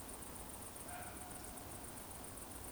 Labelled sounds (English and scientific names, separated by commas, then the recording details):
Eurasian Woodcock (Scolopax rusticola) whistle
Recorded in Baden-Württemberg, Germany, on 23 June 2020 at 20:37 UTC
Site 14569, 102 m above sea level